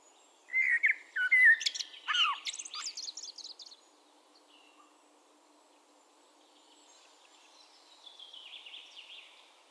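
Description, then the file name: Common blackbird with a rich, fluting phrase that rises into a jumble of sharp, high squeaks, then a long pause with faint birdsong. "Turdus merula"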